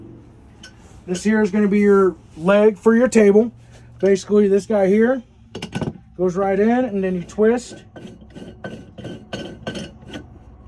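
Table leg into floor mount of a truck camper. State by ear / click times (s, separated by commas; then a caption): not seated / none. A removable table leg for a 2022 Palomino Real-Lite SS-1608 truck camper is pushed into its floor mount and twisted to lock while someone talks. Scraping and sharp knocking hits are heard from about 5.5 s to 10.1 s. The twist lock fails to catch, and nothing has seated or clicked yet.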